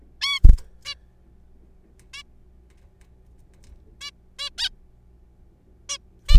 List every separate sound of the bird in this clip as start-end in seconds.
0.21-0.39, 0.85-0.95, 2.13-2.23, 4.01-4.10, 4.39-4.49, 4.58-4.69, 5.90-5.98, 6.29-6.38